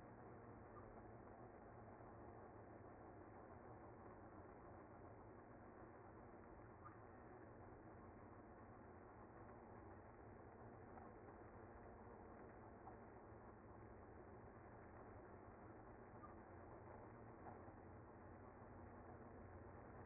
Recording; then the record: honeybee colony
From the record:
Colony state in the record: active